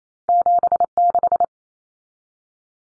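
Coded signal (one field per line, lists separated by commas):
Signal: Morse code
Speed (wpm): 28 wpm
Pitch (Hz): 700 Hz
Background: none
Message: 76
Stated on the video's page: Morse code head-copy drill of two-digit numbers at 28 wpm, each number sent, spoken, then sent again.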